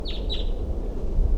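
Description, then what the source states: Crossbill call, two quick downslurred chip notes at the start, followed by low rumbling background noise. Caged male calling as a wild female and another wild crossbill approach; 4:55 p.m.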